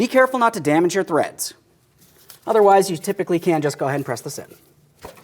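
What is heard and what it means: Someone talks while handling the inboard spline end of a front left CV axle at the transmission of a 2016–2025 Chevrolet Malibu, with a couple of brief knocks between the speech. Nothing has seated or clicked yet; the axle is not yet pressed home.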